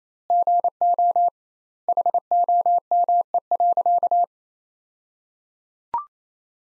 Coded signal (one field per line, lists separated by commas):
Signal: Morse code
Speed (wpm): 28 wpm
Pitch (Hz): 700 Hz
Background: none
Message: GO HOME.